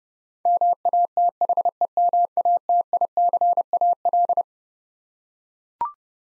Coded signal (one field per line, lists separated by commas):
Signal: Morse code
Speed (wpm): 32 wpm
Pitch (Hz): 700 Hz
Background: none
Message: MATHEMATICAL